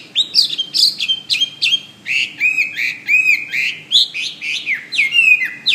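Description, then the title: Bird song of arched, chirping notes repeated about twice a second, with high whistled accents and a closing downslurred whistle. "SuaraBurung Kicau"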